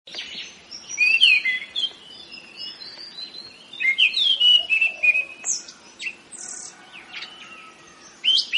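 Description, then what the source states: Orange-headed thrush giving a long rolling song of slurred whistles and chattering notes that rise and fall, then a brief pause before a final burst, over a low hum. Rolling song style called ngeroll; bird named as the anis cendana type.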